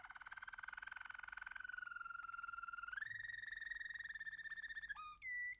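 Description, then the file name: American canary song: a fast pulsing roll that smooths into a steady whistled tone, steps up in pitch, then breaks into quick slurred notes and a short loud burst. "canto do canario americano"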